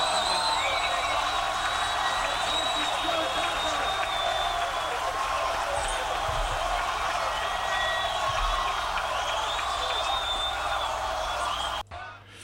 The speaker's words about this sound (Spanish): Bueno, pues ahí habéis tenido, yo creo que en el festival de Woodstock, con 500.000 personas dando palmas, en estado de shock, porque cuando le ves aquellos movimientos, aquel nivel de entrega, bueno, es una cosa irrepetible.